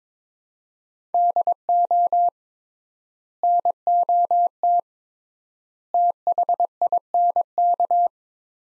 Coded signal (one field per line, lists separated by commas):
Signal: Morse code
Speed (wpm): 22 wpm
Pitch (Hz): 700 Hz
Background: none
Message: DO NOT THINK